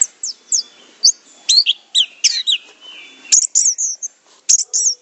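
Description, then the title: Orange-headed thrush song: slurred high whistled notes and short downslurs, spaced irregularly, with a faint drawn-out tone and a sharp burst of notes near the end. "Anis Merah"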